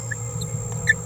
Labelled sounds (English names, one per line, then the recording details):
Green-rumped Parrotlet babbling
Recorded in a nest box in Venezuela
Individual 18B17A3